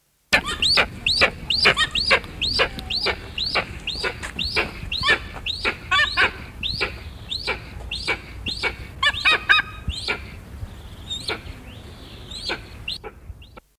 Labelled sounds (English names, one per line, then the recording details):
Eastern Imperial Eagle call
White-bellied Sea Eagle
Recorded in captivity
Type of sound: call
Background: Haliaeetus leucogaster
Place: Greifvogelwarte Berlebeck Detmold, Nordrhein-Westfalen, DE
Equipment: Halbspur, 9,5 cm/s
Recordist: Lütgens, Hans
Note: Ein lebhaftes Tier